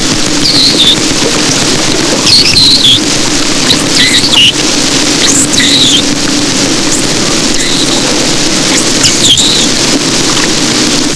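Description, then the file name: Short-finned pilot whale whistles: several high rising and falling tonal squeals scattered throughout over dense, loud background noise and a low rumble. "GMacrorhyncha"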